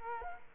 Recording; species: mosquito wingbeat signal from an infrared sensor; Culex quinquefasciatus